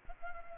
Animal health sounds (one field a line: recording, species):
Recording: mosquito wingbeat signal from an infrared sensor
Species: Culex pipiens